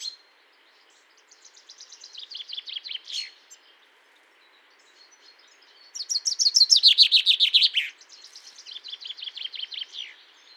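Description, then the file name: Common chaffinch song: three descending trills of repeated notes, the middle one loudest and ending in a sharp flourish, separated by pauses. "Fringilla coelebs"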